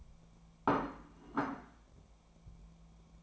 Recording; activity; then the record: daily activity, microphone in the room; place plate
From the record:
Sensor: 1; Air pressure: 1000.3 hPa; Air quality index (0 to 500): 143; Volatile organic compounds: 3 ppm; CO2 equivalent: 1348 ppm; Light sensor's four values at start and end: 30/74/32/38 and 30/74/32/38